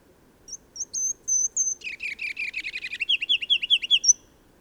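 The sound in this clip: Bird song: a few thin high whistles, then a fast rattling series of buzzy notes slurring downward, repeated rapidly to the end, with one last high whistle.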